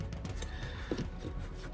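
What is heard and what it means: A plastic cover for a new cabin micro filter is handled and pushed toward the filter housing of an EV6 from a better angle. Soft plastic rubbing and brief taps sit over a steady background hum, with small knocks near 0.1 s and 0.4 s. The cover has not snapped into place yet, and nothing has seated.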